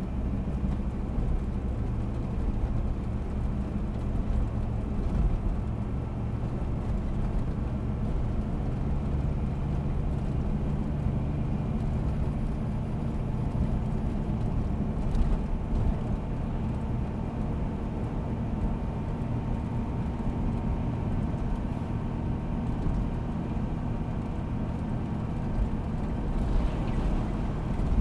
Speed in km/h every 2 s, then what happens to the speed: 63, 65, 69, 67, 69, 72, 75, 75, 78, 78, 78, 79, 80, 80.
0-16 speeds up to 78. 16-28 steady at about 78.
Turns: none.